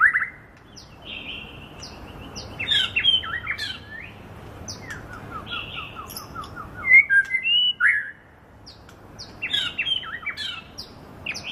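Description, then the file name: White-rumped shama song: varied whistles and sharp chirps in bursts, with a quick series of short notes midway and loud whistled phrases just after it. Medan murai variety of white-rumped shama. "suara murai medan"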